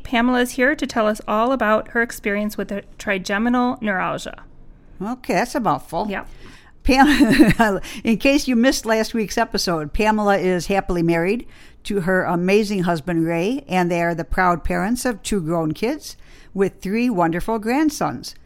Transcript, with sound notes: Pamela is here to tell us all about her experience with the trigeminal neuralgia.
Well ok that's a mouth full. (Laughter) In case you missed last week's episode Pamela is happily married to her amazing husband Ray and they're the proud parents of two grown kids with three wonderful grandsons.